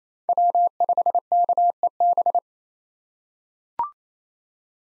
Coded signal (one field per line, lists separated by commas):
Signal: Morse code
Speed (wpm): 28 wpm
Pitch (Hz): 700 Hz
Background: none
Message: W5KEB